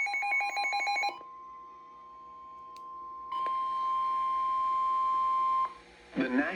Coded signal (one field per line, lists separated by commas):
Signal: Emergency Alert System (SAME) tones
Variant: 1050 Hz attention tone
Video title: EAS #1179 Severe Thunderstorm Warning